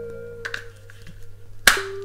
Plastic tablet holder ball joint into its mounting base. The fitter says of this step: attached at the ball point right here snaps into place